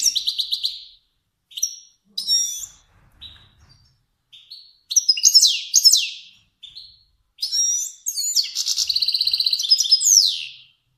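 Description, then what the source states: Finch song made of varied chirps, quick rising and falling notes and short trills, building to a long dense buzzy trill near the end. Kermani finch.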